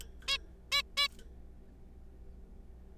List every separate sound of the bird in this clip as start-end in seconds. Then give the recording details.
0.28-0.38, 0.72-0.82, 0.97-1.08. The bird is a juvenile. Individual R3428